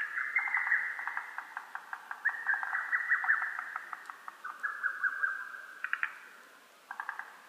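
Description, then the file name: Lesser cuckoo whistling several phrases of quick, clipped notes in a long run. Recorded on 12 June 2010. "hototogisu-20100612"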